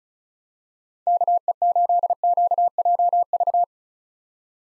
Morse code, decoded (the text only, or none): KE8QJV